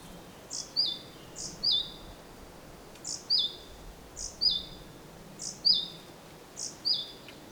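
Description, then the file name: Great tit calls: bright high note followed by a wavering lower one, repeated several times. "Parus major"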